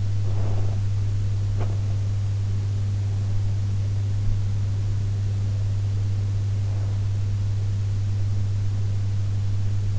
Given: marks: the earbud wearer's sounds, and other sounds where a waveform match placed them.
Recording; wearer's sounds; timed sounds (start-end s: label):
sounds in sleep by an in-ear microphone; breath
0.00-1.11 s: breath